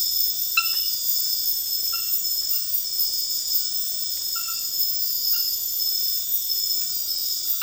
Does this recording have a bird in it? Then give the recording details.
no. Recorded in dense forest near Puerto Asís, Putumayo, Colombia, on 18 February 2024 at 02:00. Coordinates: 0.496, -76.326. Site G6383